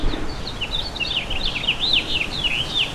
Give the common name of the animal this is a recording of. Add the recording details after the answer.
House Finch. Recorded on Long Island, New York, on 11 June 2012. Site OP. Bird A